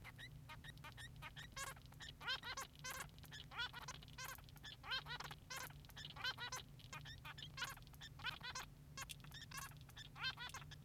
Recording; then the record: song of a male Bengalese finch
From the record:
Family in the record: son of father 3